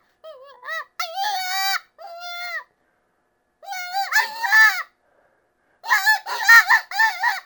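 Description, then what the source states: Cottontail rabbit screaming in wavering, bleat-like squeals in three bursts, the later ones rougher and more broken, separated by short silences. Distress call.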